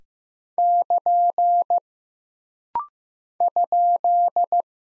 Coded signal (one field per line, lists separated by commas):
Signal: Morse code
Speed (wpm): 15 wpm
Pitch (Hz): 700 Hz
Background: none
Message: <KN> ?